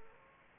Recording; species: mosquito wingbeat signal from an infrared sensor; Aedes aegypti